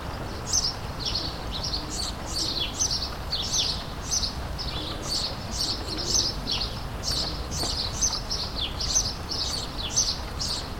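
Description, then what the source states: Sparrow chirps, a lively chorus of quick high chirps overlapping continuously from several birds, over faint low background noise. Several sparrows in a suburban setting, May 2022.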